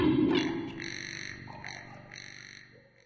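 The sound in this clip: Bird call: a low, rough burst at the start, then three clear whistled notes with a higher overtone, fading toward the end.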